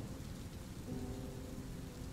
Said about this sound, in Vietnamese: Người ta mới vừa xuống giống được có mấy ngày à, mà bây giờ mưa lớn vậy.